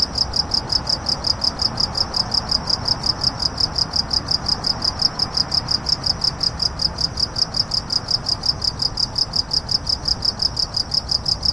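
Cricket chirps in a shrill, regular pulse sustained the whole time, with gentle low background hum.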